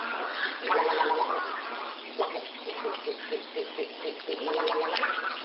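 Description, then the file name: Little egret giving a series of short throaty pulses, opening and closing with longer harsh calls. Recorded at Kuki on 26 May 2012. "kosagi kuki"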